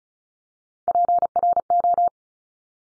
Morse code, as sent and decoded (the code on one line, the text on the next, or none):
.--. .-. ---
PRO